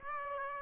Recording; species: mosquito wingbeat signal from an infrared sensor; Aedes aegypti